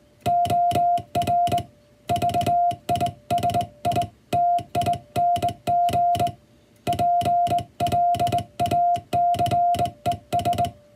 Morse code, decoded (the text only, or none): OR VISITING PLACES